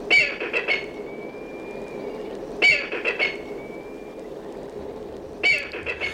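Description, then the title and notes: Black kite calling: a sharp stuttered opening followed by a long, thin, slightly wavering whistle, repeated about every two and a half seconds over steady background noise. Summer visitor that winters in tropical Africa south of the Sahara; already slowly preparing in early summer to migrate south. "Iwwer Bierg an Dall: bronge Schéierschwanz oder Schwaarzmilan. Ornitholog Patric Lorgé"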